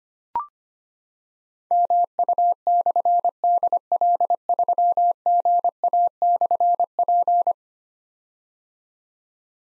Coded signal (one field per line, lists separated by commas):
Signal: Morse code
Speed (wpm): 25 wpm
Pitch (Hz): 700 Hz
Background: none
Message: MU/DL3GA/P